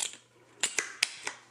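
A tube section of a lightweight folding walking cane is pushed into the adjoining section so the sections lock together. Several sharp mechanical clicks and knocks are heard around 0.6, 0.8 and 1.3 s, with the loudest, sharpest snap at 1.0 s. That snap is the section seating into place.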